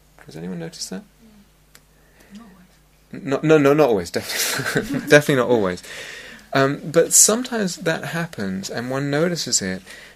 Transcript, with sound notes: Has anyone noticed that?
Not always.
No, not always. [laughter] Definitely not always. But sometimes that happens, and one notices it.